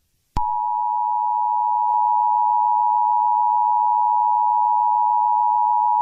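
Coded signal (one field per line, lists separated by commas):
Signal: Emergency Alert System (SAME) tones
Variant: 853 and 960 Hz attention tone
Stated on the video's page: Fictional EAS scenario based on the game Five Nights at Freddy's, not a real alert.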